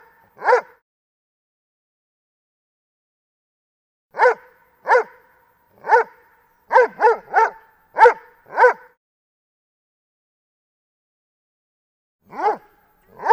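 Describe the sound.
Dobermann barks: one single bark, a long pause, then a run of eight barks, another pause and two final barks.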